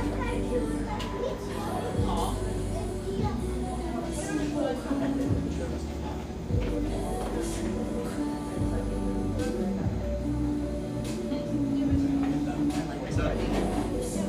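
Café ambience with a steady bed of overlapping conversation, several voices talking at once without pause. A low, constant rumble runs underneath, and faint music with sustained tones drifts through. Occasional brief clinks and knocks pop up throughout, at irregular intervals.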